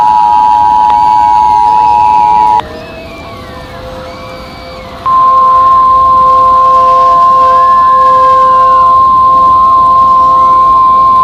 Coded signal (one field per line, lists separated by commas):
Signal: Emergency Alert System (SAME) tones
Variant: 853 and 960 Hz attention tone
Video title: EAS Scenario - Browns Ferry Nuclear Power Plant Meltdown